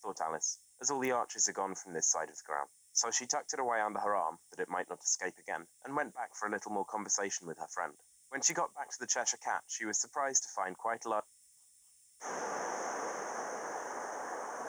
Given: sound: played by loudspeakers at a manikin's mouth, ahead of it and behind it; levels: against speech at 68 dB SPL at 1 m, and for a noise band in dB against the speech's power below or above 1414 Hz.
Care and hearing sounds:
test signals for a remote microphone
0.00-11.19 s: man speaking
12.19-14.69 s: speech-spectrum noise, -10 dB
From the record:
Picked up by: remote microphone C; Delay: 23 ms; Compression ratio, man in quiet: 1.79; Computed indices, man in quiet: SII 0.993, HASPI 0.992, HASQI 0.254 (non-linear 0.305, linear 0.832), ESTOI 0.734

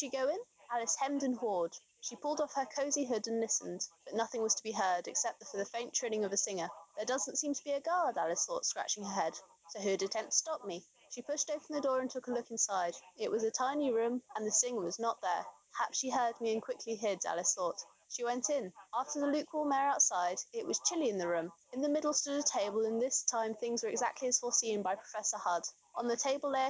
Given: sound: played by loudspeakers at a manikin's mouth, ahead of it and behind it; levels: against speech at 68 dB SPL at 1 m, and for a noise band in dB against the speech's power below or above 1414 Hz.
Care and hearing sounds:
test signals for a remote microphone
0.00-26.70 s: woman speaking, babble ahead at +6 dB SNR for speech at 1 m
From the record:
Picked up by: remote microphone B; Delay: 24 ms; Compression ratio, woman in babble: 1.71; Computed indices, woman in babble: HASPI 0.957, HASQI 0.352 (non-linear 0.409, linear 0.859), ESTOI 0.804

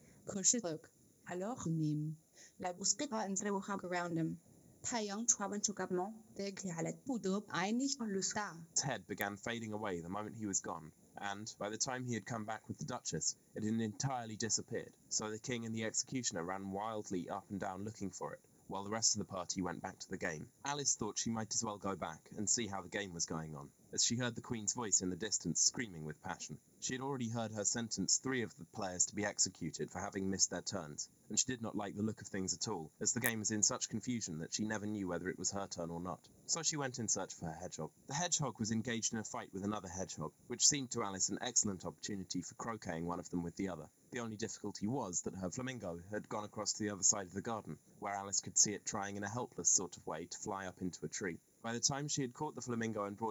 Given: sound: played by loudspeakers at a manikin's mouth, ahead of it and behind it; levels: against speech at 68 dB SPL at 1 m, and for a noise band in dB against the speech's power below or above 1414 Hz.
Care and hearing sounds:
test signals for a remote microphone
0.00-8.76 s: speech test signal (ISTS)
8.76-53.31 s: man speaking
From the record:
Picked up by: remote microphone A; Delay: 47 ms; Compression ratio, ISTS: 4.90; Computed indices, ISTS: SII 0.993, HASPI 0.999, HASQI 0.497 (non-linear 0.574, linear 0.866), ESTOI 0.858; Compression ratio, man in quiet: 8.14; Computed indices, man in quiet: SII 0.991, HASPI 1.000, HASQI 0.503 (non-linear 0.584, linear 0.862), ESTOI 0.841

